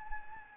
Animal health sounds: mosquito wingbeat signal from an infrared sensor; Anopheles gambiae

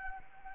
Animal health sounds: mosquito wingbeat signal from an infrared sensor; Anopheles arabiensis

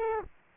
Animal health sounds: mosquito wingbeat signal from an infrared sensor; Aedes aegypti

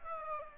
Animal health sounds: mosquito wingbeat signal from an infrared sensor; Aedes aegypti

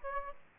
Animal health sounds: mosquito wingbeat signal from an infrared sensor; Aedes aegypti

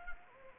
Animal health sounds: mosquito wingbeat signal from an infrared sensor; Anopheles gambiae

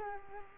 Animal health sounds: mosquito wingbeat signal from an infrared sensor; Culex quinquefasciatus

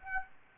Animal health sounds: mosquito wingbeat signal from an infrared sensor; Aedes aegypti

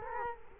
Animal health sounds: mosquito wingbeat signal from an infrared sensor; Culex quinquefasciatus

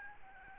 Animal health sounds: mosquito wingbeat signal from an infrared sensor; Aedes aegypti

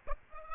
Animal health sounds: mosquito wingbeat signal from an infrared sensor; Aedes aegypti

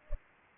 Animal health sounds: mosquito wingbeat signal from an infrared sensor; Culex pipiens

